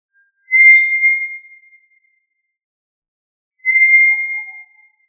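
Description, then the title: Tinamou giving two long, even, pure whistles, separated by about one and a half seconds of silence. "Familia Tinamidae - Quail - Puyuh"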